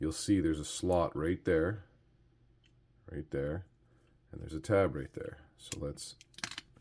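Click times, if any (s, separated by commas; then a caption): 6.4 s. Someone talks while a plastic tab on a panel of a Transformers Studio Series #109 concept art Megatron action figure is lined up with a slot on the figure. The two plastic parts are squeezed together, and a short cluster of sharp clicks is heard as the tab clicks into the slot at 6.4 s, seating it.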